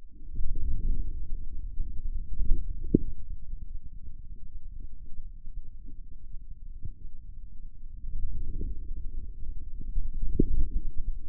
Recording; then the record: forearm muscle sounds (acoustic myography)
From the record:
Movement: outward rotation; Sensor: system 2, bracelet of six BSWA MPA416 microphones around the upper forearm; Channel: 3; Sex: male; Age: 22 years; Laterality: right